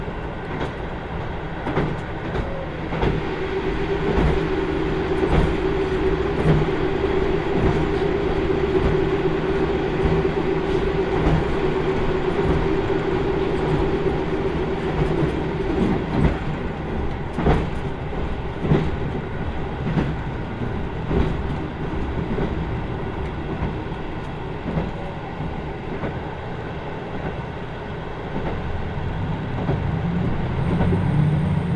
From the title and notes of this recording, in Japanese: 耳で楽しむ鉄道旅 豊肥本線九州横断特急3号 豊後竹田→三重町。豊後竹田を出ると豊後大野市のある三重町へ向けて進んでいきます。